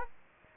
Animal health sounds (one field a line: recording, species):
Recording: mosquito wingbeat signal from an infrared sensor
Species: Aedes aegypti